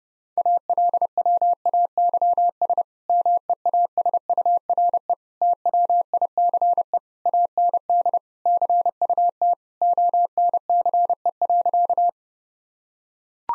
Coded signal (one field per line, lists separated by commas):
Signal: Morse code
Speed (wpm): 32 wpm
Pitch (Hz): 700 Hz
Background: none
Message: ALWAYS MEASURE TWICE AND CUT ONCE.